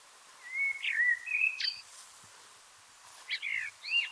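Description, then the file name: Eurasian blackbird song with mellow fluted warbles sliding around a mid pitch, a short gap, then further warbled notes with higher twittering touches. "Turdus merula"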